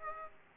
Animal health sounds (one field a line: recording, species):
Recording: mosquito wingbeat signal from an infrared sensor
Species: Aedes aegypti